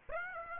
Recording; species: mosquito wingbeat signal from an infrared sensor; Aedes aegypti